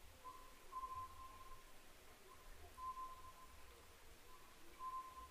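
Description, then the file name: Oriental scops owl calling, a series of level, drawn-out whistled notes at one pitch, over a low background rumble. Recorded 22 May 2010 at 21:06. "konohazuku-20100522-2106"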